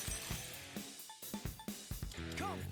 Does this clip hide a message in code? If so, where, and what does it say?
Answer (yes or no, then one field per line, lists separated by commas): no